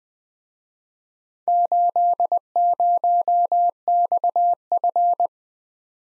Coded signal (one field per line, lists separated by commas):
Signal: Morse code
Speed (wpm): 22 wpm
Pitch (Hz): 700 Hz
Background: none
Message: 80XF